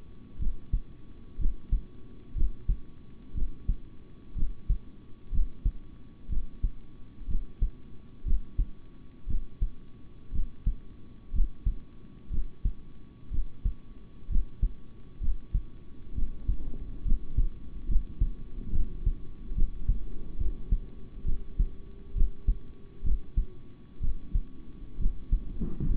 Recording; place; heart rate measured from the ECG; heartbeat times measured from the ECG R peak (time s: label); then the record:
heart sounds by stethoscope; between the tricuspid and mitral areas; 64 bpm
0.38 s: heartbeat
1.38 s: heartbeat
2.34 s: heartbeat
3.34 s: heartbeat
4.35 s: heartbeat
5.31 s: heartbeat
6.29 s: heartbeat
7.27 s: heartbeat
8.24 s: heartbeat
9.27 s: heartbeat
10.31 s: heartbeat
11.32 s: heartbeat
12.30 s: heartbeat
13.30 s: heartbeat
14.28 s: heartbeat
15.20 s: heartbeat
16.14 s: heartbeat
17.04 s: heartbeat
17.87 s: heartbeat
18.71 s: heartbeat
19.54 s: heartbeat
20.37 s: heartbeat
21.25 s: heartbeat
22.14 s: heartbeat
23.03 s: heartbeat
24.00 s: heartbeat
24.98 s: heartbeat
25.87 s: heartbeat
From the record:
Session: rest, sitting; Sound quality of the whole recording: good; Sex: male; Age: 26 years